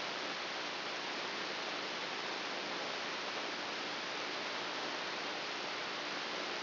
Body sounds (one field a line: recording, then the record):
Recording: brain microelectrode recording played as sound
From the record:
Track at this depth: inside the subthalamic nucleus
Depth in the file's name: 2.603 mm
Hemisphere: right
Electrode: 3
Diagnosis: Parkinson's disease